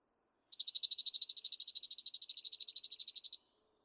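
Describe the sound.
Chipping Sparrow delivering a steady mechanical trill of sharp high chips for nearly three seconds, unchanging in pitch, with silence around it.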